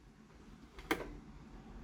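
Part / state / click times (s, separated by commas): mitre table arm into angle detent on chop saw base / seated / 0.9 s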